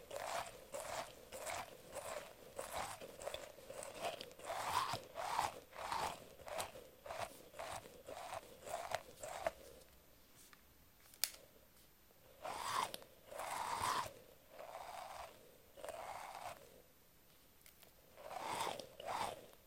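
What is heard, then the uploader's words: Soft squishy brushing strokes on an octopus and mermaid toy come in quick, regular bursts, each a crisp, bright crunchy swish. The strokes run densely through the first ten seconds, then pause briefly with a sharp click near eleven seconds before resuming, more spaced out. Relax with squishy octopus and mermaid brushes...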